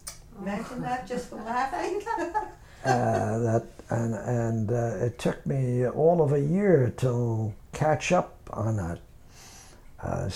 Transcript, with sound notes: Imagine that? Just for laughing. (they laugh)
That, and it took me all of a year to catch up on it.